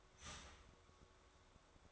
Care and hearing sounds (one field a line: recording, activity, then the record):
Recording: daily activity, microphone in the room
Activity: start toaster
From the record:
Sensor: 3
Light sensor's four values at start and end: 4/11/4/4 and 4/11/4/4